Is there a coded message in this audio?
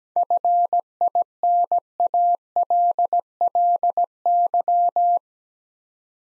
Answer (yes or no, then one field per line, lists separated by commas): yes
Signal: Morse code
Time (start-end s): 0.2-5.2 s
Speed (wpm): 17 wpm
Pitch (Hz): 700 Hz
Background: none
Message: FINALLY